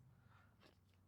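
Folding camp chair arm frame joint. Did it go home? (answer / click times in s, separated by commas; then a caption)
no / none. The arm of a TCEK swivel portable camp chair is pulled out by its metal frame joint toward its locked position. A low steady hum runs throughout, with a brief broadband scrape around 0.6–0.7 s. The arm has not yet snapped locked, so nothing has seated or clicked.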